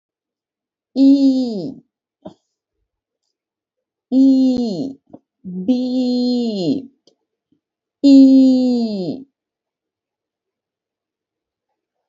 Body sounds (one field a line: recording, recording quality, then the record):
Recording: sustained vowel as in beet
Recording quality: excellent, no background noise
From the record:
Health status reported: healthy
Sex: female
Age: 36 years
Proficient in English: yes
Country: India